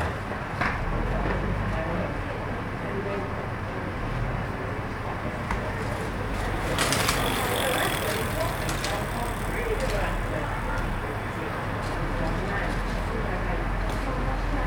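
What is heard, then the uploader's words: Traffic passes by on a street while people chat at a bar across the way, their voices blending into a steady murmur. A louder vehicle swells past around seven seconds, and a low engine rumble sits beneath everything throughout. Street bar. Captured on a Friday evening on the street outside a small bar. Traffic is passing by as people are gathering in a bar opposite.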